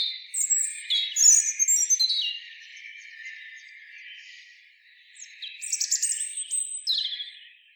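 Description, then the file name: European robin song in two bursts separated by a pause, each a jumble of high, thin, sweet notes and fast twitters that leap up and down in pitch. "Erithacus rubecula"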